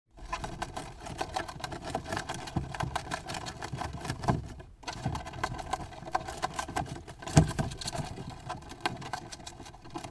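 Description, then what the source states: Gerbil chewing: dense dry crunching and scratching in rapid irregular bursts, with a brief silence near the five-second mark and a louder crack later. Chewing a cardboard box.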